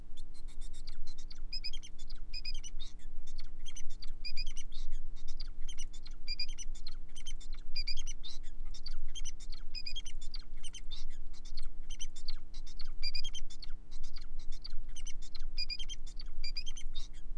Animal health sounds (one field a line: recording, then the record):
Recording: song of a male Bengalese finch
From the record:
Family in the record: son of father 4